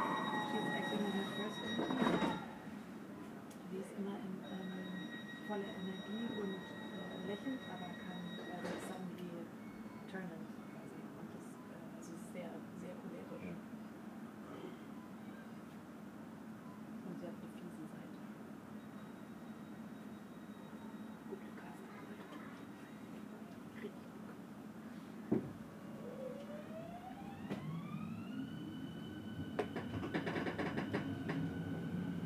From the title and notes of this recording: Relaxing Circuit on Berlin's Ringbahn. Authentic audio recording of this unique S-Bahn trip.